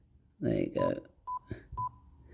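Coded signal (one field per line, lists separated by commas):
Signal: none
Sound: radio button beeps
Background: speech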